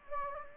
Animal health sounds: mosquito wingbeat signal from an infrared sensor; Anopheles gambiae

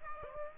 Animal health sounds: mosquito wingbeat signal from an infrared sensor; Aedes aegypti

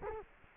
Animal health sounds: mosquito wingbeat signal from an infrared sensor; Culex quinquefasciatus

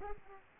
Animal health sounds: mosquito wingbeat signal from an infrared sensor; Aedes aegypti

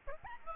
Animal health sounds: mosquito wingbeat signal from an infrared sensor; Aedes albopictus

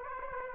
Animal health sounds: mosquito wingbeat signal from an infrared sensor; Aedes aegypti

